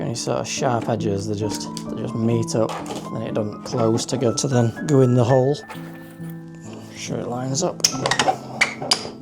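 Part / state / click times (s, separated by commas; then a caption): 3D-printed friction pin into a Technic-style beam hole / seated / 8.6 s, 8.9 s. A large 3D-printed plastic replica of a Technic friction pin is lined up and pushed into a hole in a scaled-up Technic-style beam of a gearbox while someone talks. Sharp snapping clicks are heard at 8.6 s and 8.9 s as the oversized friction pin snaps into the beam hole and seats in place.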